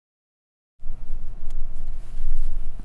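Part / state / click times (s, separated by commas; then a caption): intercom speaker into helmet liner speaker pocket / not seated / none. A 10U communication-system speaker is pressed by hand into the plastic speaker pocket on the left side of the EPS liner of a Shoei GT Air, Neotec or J Cruise motorcycle helmet. After silence until about 0.8 s, low rumbling handling noise and rustling begin, with a faint brief tick at 1.5 s. Nothing has seated or clicked yet.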